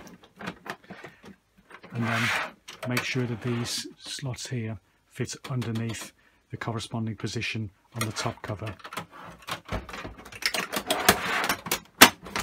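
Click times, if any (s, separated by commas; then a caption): 12.0 s. Someone talks while reassembling an original Xbox One Blu-ray drive, fitting the slots under the matching positions on the metal top cover and pressing the cover down onto the drive chassis. A run of sharp handling taps from about 10.5 to 11.7 s leads to a loud click at 12.0 s as the top cover seats into place.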